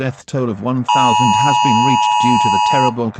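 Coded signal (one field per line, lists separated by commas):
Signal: Emergency Alert System (SAME) tones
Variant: 853 and 960 Hz attention tone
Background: speech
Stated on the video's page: Simulated tones from a fictional EAS scenario.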